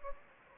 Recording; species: mosquito wingbeat signal from an infrared sensor; Anopheles gambiae